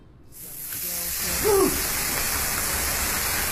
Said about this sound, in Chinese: 这是位于亦庄的一家西餐厅，此时正在为客人准备着午餐，牛排下锅发出呲呲的声响，